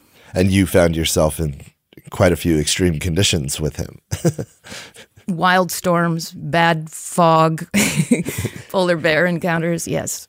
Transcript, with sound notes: and you found yourself in quite a few extreme conditions with him. [Laughs]
Wild storms, bad fog, polar bear encounters, yes.